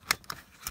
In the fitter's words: there and make sure it clicks in. You're good.